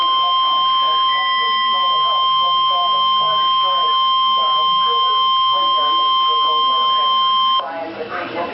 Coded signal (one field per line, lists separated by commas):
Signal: Emergency Alert System (SAME) tones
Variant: 1050 Hz attention tone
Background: speech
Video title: Tornado Warnings (EAS #358 and #359)